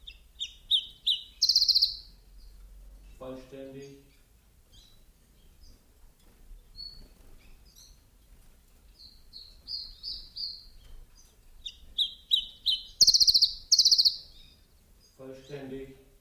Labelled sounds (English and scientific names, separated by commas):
Common Chiffchaff (Phylloscopus collybita)